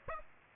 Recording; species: mosquito wingbeat signal from an infrared sensor; Aedes aegypti